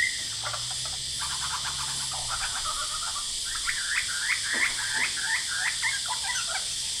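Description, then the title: Superb lyrebird delivering rapid repeated whistled phrases and crackling notes, steadily over a continuous buzzing cicada chorus. Male, Horsfield Bay, New South Wales, Australia, 23 January 2017, singing vigorously outside a window, with loud cicadas calling; noise reduction applied. "Lyrebird - Horsfield Bay NSW, Jan 23 2017"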